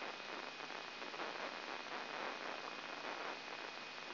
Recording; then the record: brain microelectrode recording played as sound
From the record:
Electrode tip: inside the subthalamic nucleus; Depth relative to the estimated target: 0 mm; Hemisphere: right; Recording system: AlphaMap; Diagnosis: Parkinson's disease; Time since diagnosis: 9 years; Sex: male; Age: 53 years